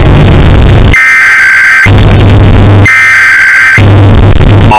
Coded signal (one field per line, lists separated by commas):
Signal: Emergency Alert System (SAME) tones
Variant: header bursts